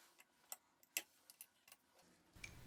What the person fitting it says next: and once you hear that wonderful snap you know you're done